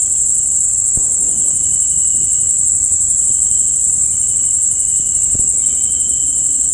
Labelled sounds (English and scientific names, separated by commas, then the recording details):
none
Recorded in dense forest near Puerto Asís, Putumayo, Colombia, on 26 December 2024 at 18:00
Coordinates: 0.481, -76.323
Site G100